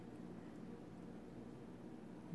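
A fiber connector's green sleeve is handled on the connector body, with the black tab being lined up with the guide on the sleeve before it is pushed back home. Only a steady low hum is heard, with a brief rise in level at about 2.3 s. Nothing has seated or clicked yet.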